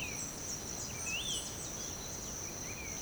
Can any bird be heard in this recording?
yes